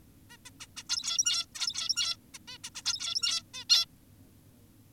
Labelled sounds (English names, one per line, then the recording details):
Zebra Finch
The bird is an adult
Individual g17y2U